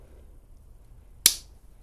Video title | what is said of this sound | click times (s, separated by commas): Saturday Stockman Stampede: Boker Stockman Restoration | you can hear it snap into the open position now | 1.3 s